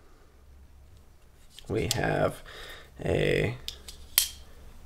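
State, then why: Seated. A plain-edge folding knife blade on a multitool is swung open until its liner lock snaps into place. Someone talks, then a sharp, bright click at 4.2 s marks the blade locking open.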